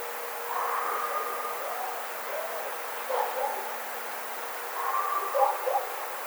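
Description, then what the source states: Red fox calls: short, wavering, whining notes in three separate bursts across about six seconds, over a faint steady background hum. Recorded on 8 April 2009.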